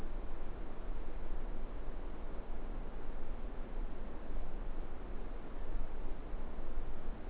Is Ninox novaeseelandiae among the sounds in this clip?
no